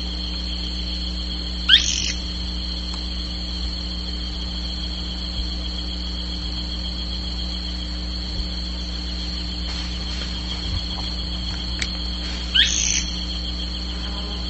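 Bird gives two short, high swooping calls about eleven seconds apart, over a constant hum.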